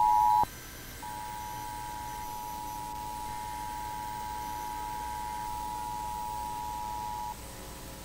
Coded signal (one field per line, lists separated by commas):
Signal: Emergency Alert System (SAME) tones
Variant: 853 and 960 Hz attention tone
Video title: EAS 1534: Texas Amber Alert